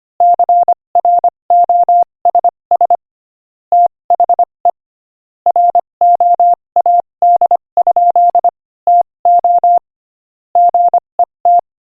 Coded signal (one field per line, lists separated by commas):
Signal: Morse code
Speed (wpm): 25 wpm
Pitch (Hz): 700 Hz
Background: none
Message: CROSS THE ROAD? TO GET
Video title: Morse Code Practice: 25 wpm Joke #9